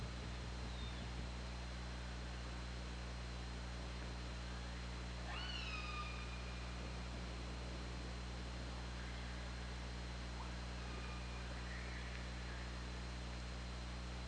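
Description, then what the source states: Killer whale call sweeping up sharply into a flat harmonic tone, followed by fainter scattered squeals, over persistent low hum and a few knocks at the start. Recorded on the OrcaLab hydrophone, 24 August 2017 at 21:34.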